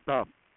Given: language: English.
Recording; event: throat vibration sensor signal played as sound; speech